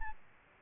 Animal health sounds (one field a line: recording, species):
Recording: mosquito wingbeat signal from an infrared sensor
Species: Aedes albopictus